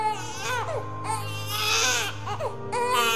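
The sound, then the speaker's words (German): A newborn baby cries in a series of loud, high-pitched, strained wails with brief gasping breaks between them, rising and falling in pitch, with no one talking. “Er würde noch ein wenig schreien und dann seine Augen schließen.”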